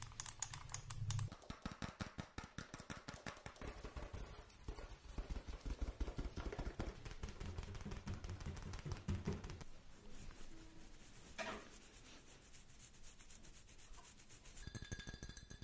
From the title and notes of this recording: Fast Tapping Deluxe Edition [Binaural Eargasm].